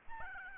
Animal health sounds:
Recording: mosquito wingbeat signal from an infrared sensor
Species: Aedes albopictus

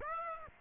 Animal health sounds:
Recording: mosquito wingbeat signal from an infrared sensor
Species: Aedes aegypti

